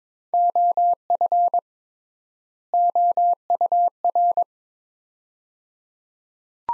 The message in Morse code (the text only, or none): OF OUR